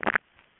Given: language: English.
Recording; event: throat vibration sensor signal played as sound; swallow